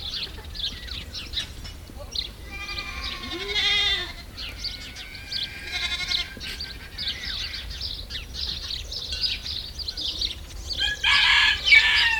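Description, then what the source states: Goat bleating in a few wavering, harmonic calls amid steady chirping and twittering of many small birds throughout. Countryside ambience recorded at a goat camp in France.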